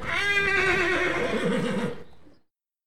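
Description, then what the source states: Horse whinny, a loud quavering neigh lasting about two seconds with a wavering pitch, then fading into silence. Nervous horses.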